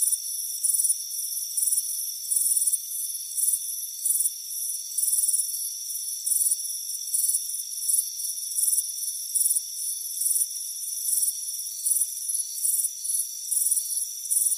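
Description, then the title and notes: Crickets chirping in high, shrill pulsed bursts, about two per second and slightly uneven, over a steady high-pitched insect hum. Warm afternoon, relaxing in a hammock on a front porch. "Soothing Crickets Chirping Sound. It's a warm afternoon as you relax in a hammock on the front porch. Relax and fall asleep to the soothing sound of chirping crickets. Deep Sleep Sounds"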